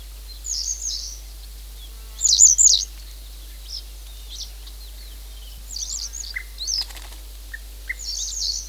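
Bird song as bursts of thin, high chirps and twitters, a louder fluttering phrase near two seconds, then scattered short notes and trills under quiet background hiss.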